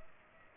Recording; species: mosquito wingbeat signal from an infrared sensor; Culex pipiens